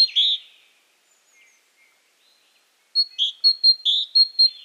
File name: Parus major